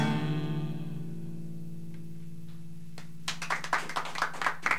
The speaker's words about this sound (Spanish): Un aplauso para los chicos. Buenas noches. Los chicos son dúo ….